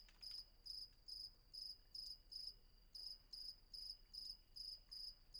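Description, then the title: Cricket, high pulsed chirps repeated rapidly, with a faint steady insect drone behind. Night ambience with crickets at Vagia, Patmos, Greece; recorded with a Fostex FR-2 and an MKH800 microphone. "Patmos, Vagia, Griechenland - Nachtsimmung 03, Grillen"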